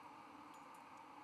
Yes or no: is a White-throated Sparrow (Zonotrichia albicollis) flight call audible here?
no